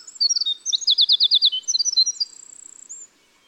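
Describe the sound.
Winter wren song, a fast bubbling run of high notes with a quick rattling trill in the middle, finishing in a fine buzzy thread.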